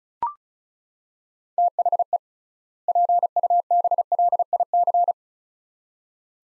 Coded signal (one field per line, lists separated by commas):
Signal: Morse code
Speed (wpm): 34 wpm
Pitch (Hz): 700 Hz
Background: none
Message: THE PUBLIC